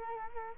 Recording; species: mosquito wingbeat signal from an infrared sensor; Culex quinquefasciatus